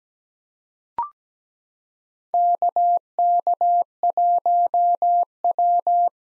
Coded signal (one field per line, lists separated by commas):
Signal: Morse code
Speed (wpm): 17 wpm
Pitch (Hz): 700 Hz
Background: none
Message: KK1W